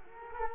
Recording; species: mosquito wingbeat signal from an infrared sensor; Culex quinquefasciatus